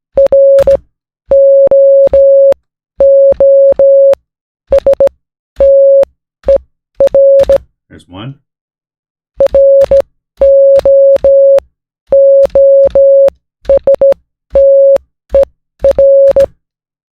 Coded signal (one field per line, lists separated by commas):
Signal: Morse code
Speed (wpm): 16 wpm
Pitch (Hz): 550 Hz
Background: speech, music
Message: ROOSTER ROOSTER